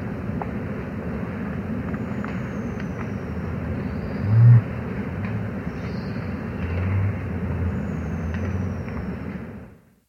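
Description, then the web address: Great Curassow booming, one short deep boom midway followed by a longer, softer low hum, set against a continuous low rumbling background. Recorded in South America. "Natures Songs S America Great Curassow"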